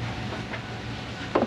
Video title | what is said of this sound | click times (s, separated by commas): Customer States: “Fingers Crossed” No Chance! 2000 Ford F150 4.6 5.4 Transmission Damaged | and number two clicks okay | 1.4 s